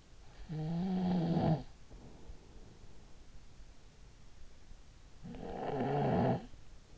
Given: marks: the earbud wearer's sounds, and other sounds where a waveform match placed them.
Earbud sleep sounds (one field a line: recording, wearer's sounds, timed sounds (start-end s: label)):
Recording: sounds in sleep by an in-ear microphone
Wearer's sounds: snoring breath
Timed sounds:
0.27-3.12 s: snoring breath
4.95-6.98 s: snoring breath